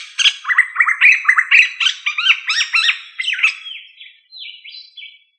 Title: manok ostrali